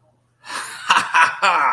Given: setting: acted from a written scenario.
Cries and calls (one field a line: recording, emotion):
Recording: vocal sound without words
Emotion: elation